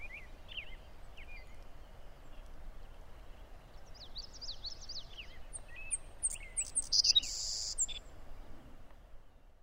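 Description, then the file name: Savannah sparrow giving thin, high chipping and sliding call notes in loose clusters, some rising and falling, over a steady low rumble of background noise. Recorded on 17 June 2015. "Savannah Sparrow 20150617"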